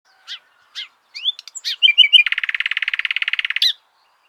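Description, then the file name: Common nightingale song: a few soft chirps and sweeping whistles build into a fast, rattling series of identical notes held for over a second, then a sharp final note. "Luscinia megarhynchos"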